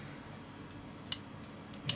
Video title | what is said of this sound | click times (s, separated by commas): A-10 Warthog Q Version by Topgun Chen 3D printed airplane model Thunderbolt II cute aircraft egg | actually heard that magnet click all right so we can put that down | 1.1 s, 1.9 s